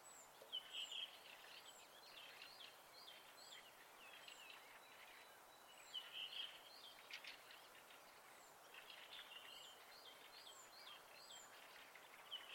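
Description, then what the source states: Birds singing in a faint chorus: warbled phrases come in bursts while high, thin downslurred notes repeat steadily throughout, over soft background hiss. Recorded at night in spring.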